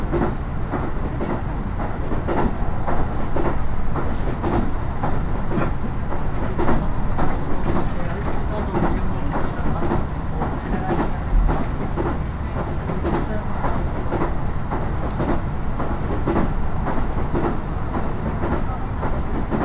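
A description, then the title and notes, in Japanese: A train ride on the Iida Line from Tatsuno toward Inashi, heard from aboard the car. A steady, dense low rumble fills the whole stretch, with regular clickety-clack knocks from the rails recurring every second or so and a faint hiss above. 鉄道旅 飯田線 辰野→伊那市。やってきたのは313系の2両編成。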